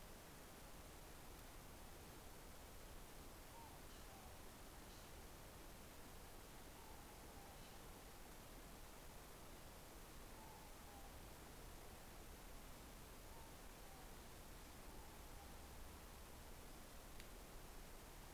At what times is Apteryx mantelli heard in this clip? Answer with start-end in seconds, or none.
none